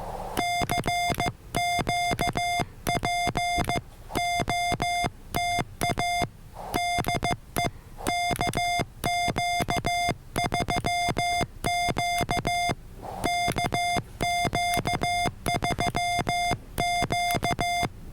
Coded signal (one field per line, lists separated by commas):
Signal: Morse code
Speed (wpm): 15 wpm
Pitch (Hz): 700 Hz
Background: none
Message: CQ POTA DE KQ3Q KQ3Q